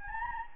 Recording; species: mosquito wingbeat signal from an infrared sensor; Anopheles gambiae